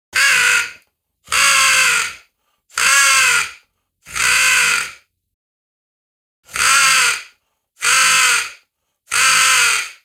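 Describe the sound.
A person practising while walking in the woods imitates a raven with seven harsh, gurgling caws, a group of four evenly spaced calls, a short pause, then three more, each loud and rasping with no other sound.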